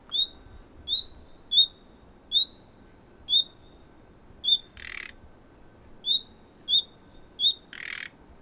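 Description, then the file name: Common nightingale repeating thin, high whistles several times, broken by two short grating croaks; otherwise quiet. "Luscinia megarhynchos"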